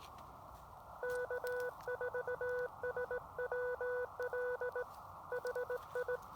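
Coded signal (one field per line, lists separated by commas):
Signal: Morse code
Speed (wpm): 19 wpm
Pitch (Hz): 500 Hz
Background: none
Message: K4SWL HI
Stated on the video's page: Elecraft KX2 with a Chameleon MPAS 2.0 antenna on a state park activation.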